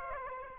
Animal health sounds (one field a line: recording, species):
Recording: mosquito wingbeat signal from an infrared sensor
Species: Aedes aegypti